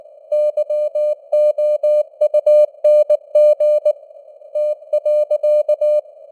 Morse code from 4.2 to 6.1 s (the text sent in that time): T.